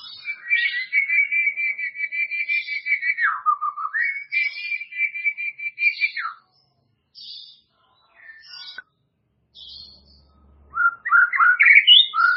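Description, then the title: White-rumped shama song: long rapid warbling trills held steady, dipping once, then resuming. After a few quiet gaps, a burst of varied rising whistled notes follows. "murai batu"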